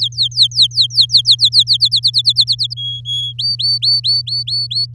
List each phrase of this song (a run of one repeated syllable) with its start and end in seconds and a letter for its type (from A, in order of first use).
0.00-1.77 A, 1.80-2.74 B, 2.77-3.33 C, 3.38-4.86 D